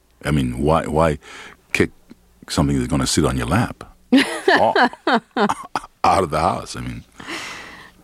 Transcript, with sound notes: I mean, why kick something that's going to sit on your lap...
(Laughter).
...Out of the house? I mean,